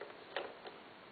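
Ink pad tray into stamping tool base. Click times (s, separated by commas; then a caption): 0.4 s. An ink pad tray slides along small grooves into the base of a Fiskars Push and Print Stamp Factory, a plastic stamping tool, and clicks home at 0.4 s. A fainter tick follows at 0.7 s over a quiet background hiss. The tray is seated.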